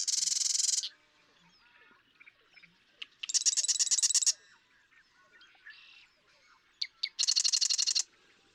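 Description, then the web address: Marsh Wren song: three bursts of rapid, buzzy, rattling trills, each about a second long, separated by softer clicks and ticks. "birdsongforthecurious Marsh Wren"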